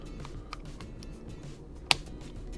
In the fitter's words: it it clicks in place it's pretty firm so it's not easy to remove it will not